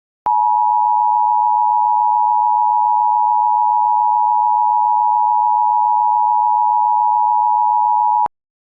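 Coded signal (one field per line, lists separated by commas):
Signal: Emergency Alert System (SAME) tones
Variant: 853 and 960 Hz attention tone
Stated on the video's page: Mock April Fools tsunami alert.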